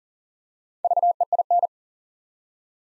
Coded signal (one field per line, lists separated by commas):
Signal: Morse code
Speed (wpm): 39 wpm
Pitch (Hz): 700 Hz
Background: none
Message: VEIN